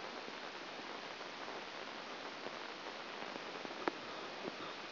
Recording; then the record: brain microelectrode recording played as sound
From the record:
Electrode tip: inside the subthalamic nucleus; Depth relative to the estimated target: 2 mm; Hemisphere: right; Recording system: AlphaMap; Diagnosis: Parkinson's disease